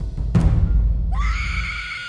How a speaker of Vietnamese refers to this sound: Rõ ràng là nữ quỷ kia bị kéo vào bên trong, nhưng trong miệng lại thét ra tiếng gào thét vô cùng dữ tợn, thỉnh thoảng còn có tiếng khóc nỉ non.